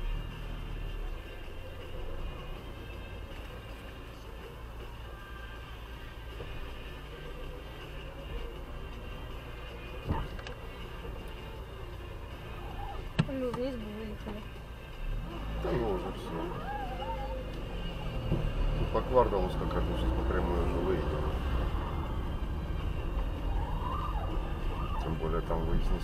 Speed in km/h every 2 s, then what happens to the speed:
3, 4, 4, 2, 1, 2, 0, 0, 2, 1, 6, 14, 14.
0-6 steady at about 3. 6-18 standing. 18-26 pulls away to 14.